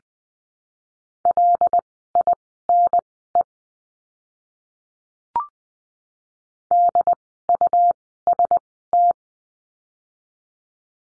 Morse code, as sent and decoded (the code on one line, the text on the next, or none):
.-.. .. -. . / -.. ..- ... -
LINE DUST